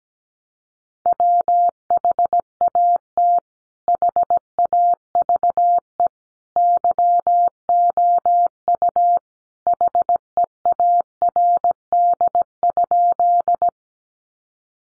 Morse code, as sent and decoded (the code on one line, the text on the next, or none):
.-- .... .- - / .... .- ...- . / -.-- --- ..- / .... . .- .-. -.. ..--..
WHAT HAVE YOU HEARD?